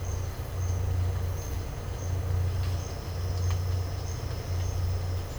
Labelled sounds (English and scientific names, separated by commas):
none